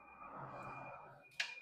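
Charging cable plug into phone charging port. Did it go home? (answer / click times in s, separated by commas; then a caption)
yes / 1.4 s. A charging cable plug is pushed into the charging port of a reassembled, water-damaged phone to test whether it powers on. A soft broadband rustle with a steady high tone runs through the clip, then a single sharp click at 1.4 s marks the plug seating in the port.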